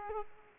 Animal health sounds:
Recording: mosquito wingbeat signal from an infrared sensor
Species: Aedes aegypti

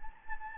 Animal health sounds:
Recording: mosquito wingbeat signal from an infrared sensor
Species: Anopheles gambiae

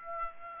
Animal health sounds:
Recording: mosquito wingbeat signal from an infrared sensor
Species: Aedes aegypti

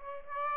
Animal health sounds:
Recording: mosquito wingbeat signal from an infrared sensor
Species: Aedes aegypti

